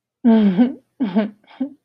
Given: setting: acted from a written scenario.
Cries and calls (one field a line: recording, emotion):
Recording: vocal sound without words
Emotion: sadness